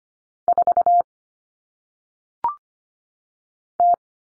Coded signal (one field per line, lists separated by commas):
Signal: Morse code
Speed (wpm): 25 wpm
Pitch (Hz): 700 Hz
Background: none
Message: 4 T